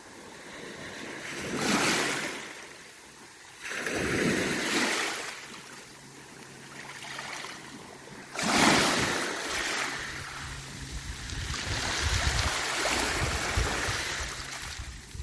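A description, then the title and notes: Sea waves wash onto the shore, each surge building to a bright hiss around two, four to five, and eight to nine seconds, then draining back. A low steady hum runs underneath, and the water stays restless between breakers, swelling again near the end. Waves at Porth y Wylfa. This field recording of sea waves was made at Porth y Wylfa on the island of Anglesey, North Wales by Phil Cunliffe.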